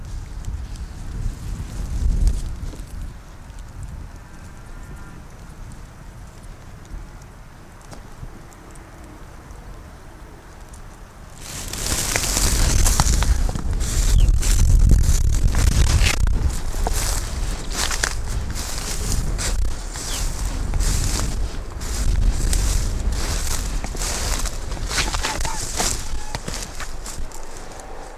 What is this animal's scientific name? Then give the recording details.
Vulpes lagopus. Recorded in the wild. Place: Insel Mednyi, Kommandeur-Inseln, RU. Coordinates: 54.5167, 168.083. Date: 1999-07-11 18:16. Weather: 10°C, Westwind. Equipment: Sony WM-D6C, Sennheiser ME 80, K 30 AV, Windkorb, Kopie Sony TCD-D8. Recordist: Jakupi, Antje